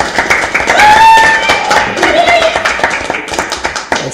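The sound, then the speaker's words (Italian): Several people clap to welcome listeners back to the show La cena dei regini, in a dense, irregular burst that keeps going steadily for about four seconds, with a few brief, higher voiced whoops or calls rising over the applause. “Applausi, applausi, applausi.”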